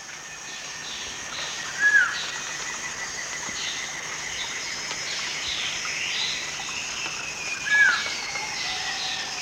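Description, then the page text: Puff-backed bulbul giving brief downslurred whistles, two notes roughly six seconds apart, against constant high insect buzzing and background forest noise. Recorded at Danum, Borneo. "Sound of Puff-backed Bulbul at Danum by EDWARDS, David"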